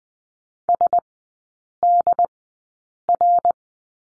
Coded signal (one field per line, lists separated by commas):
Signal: Morse code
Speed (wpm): 20 wpm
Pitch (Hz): 700 Hz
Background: none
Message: SDR